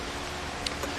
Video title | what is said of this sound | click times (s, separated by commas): etrailer - Fit Test: Yakima FullBack 2 Bike Rack with 2018 Mazda CX-9 | to the point here to be locked into place | 0.7 s